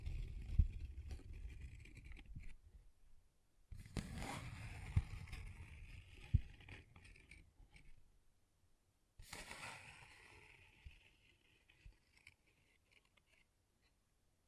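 A paper bag is handled, scratched and tapped in three bursts of rustling, starting at the beginning and again near 4 and 9 seconds, each fading over a few seconds. Sharp taps punctuate the crinkling, and brief silences fall between the bursts.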